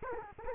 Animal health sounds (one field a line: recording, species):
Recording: mosquito wingbeat signal from an infrared sensor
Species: Culex quinquefasciatus